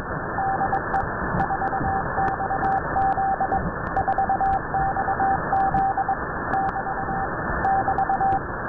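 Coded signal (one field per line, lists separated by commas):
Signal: Morse code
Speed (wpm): 22 wpm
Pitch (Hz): 780 Hz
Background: radio noise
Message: DE 4XZ 4XZ <BT> <BT>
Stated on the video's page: Numbers station on 6607 kHz CW received near Tampa, Florida with a Winradio Excalibur Pro and Wellbrook loop.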